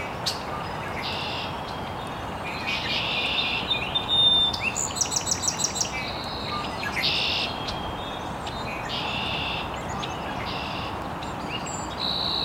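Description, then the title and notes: Birds chirping in chorus, scattered high notes and a rapid repeated series of clipped notes near the middle, over a steady background hiss. Birds chirping very early in the morning in an estuary. "Birds Chirping in the Early Morning. Original sounds of birds chirping very early in the morning in an estuary"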